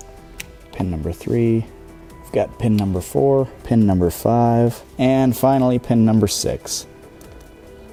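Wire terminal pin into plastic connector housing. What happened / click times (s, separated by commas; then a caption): The terminal pin clicked into the housing / 0.4 s. A wire terminal pin, pin number two, is pushed into a plastic connector housing with the red locking piece left out, and it clicks into place at 0.4 s. Someone then talks through the rest of the pins, with music playing underneath. The pin is seated.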